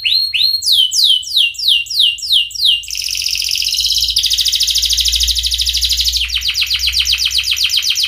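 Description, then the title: Canary song: rapid series of whistled notes, then dense buzzy trills and fast rattling phrases, changing pattern every couple of seconds; low hum beneath. Chatty, constantly singing canary with its best melodic phrasing (cengkok) and richest fill-in notes (isian). "Kenari Gacor Cengkok Terbaik Isian Paling Mewah"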